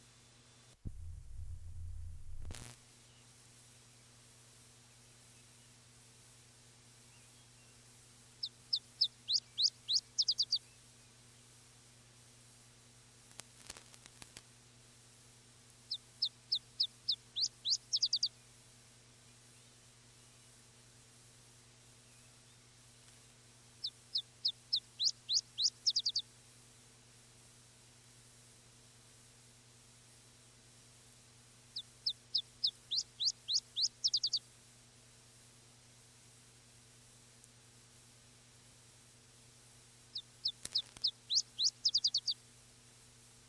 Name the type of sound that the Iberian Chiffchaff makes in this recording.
song